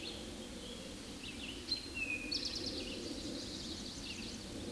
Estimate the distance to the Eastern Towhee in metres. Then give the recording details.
about 20 m. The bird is about 10 m above the microphone. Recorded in a Pennsylvania forest on 16 May 2024 at 09:46. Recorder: AudioMoth, point MSD-0814. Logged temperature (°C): 15.8 °C. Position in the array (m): 176 m, 124 m